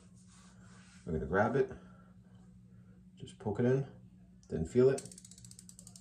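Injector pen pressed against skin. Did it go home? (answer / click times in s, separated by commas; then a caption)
no / none. A Saxenda dose-set injection pen, set to 1.2, is poked into the skin and pressed while someone talks. Near the end, a quick run of faint, even ticks starts as the pen is pressed. The clip ends before the pen's click, so nothing has clicked yet.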